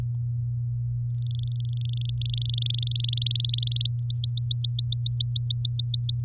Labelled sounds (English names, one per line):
Domestic Canary song